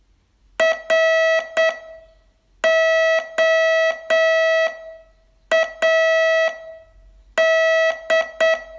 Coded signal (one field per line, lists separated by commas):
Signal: Morse code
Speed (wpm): 8 wpm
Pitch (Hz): 650 Hz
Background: none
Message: ROAD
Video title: Learn Morse in 42 Days from VU2LAU - day 23 test